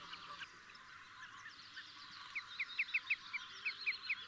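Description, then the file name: Marsh sandpiper call notes, several short, downslurred piping notes in the second half, over a background of many chirping birds. "Dammsnappa"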